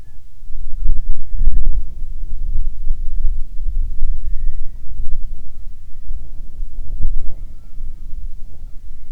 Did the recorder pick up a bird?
yes